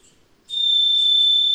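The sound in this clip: Varied thrush sounding a sustained, level, high whistle with a burry edge that starts after a short pause and is still holding when the sound ends.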